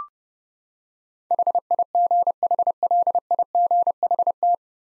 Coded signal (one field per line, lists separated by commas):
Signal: Morse code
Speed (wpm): 30 wpm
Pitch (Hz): 700 Hz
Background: none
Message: HIGHLIGHT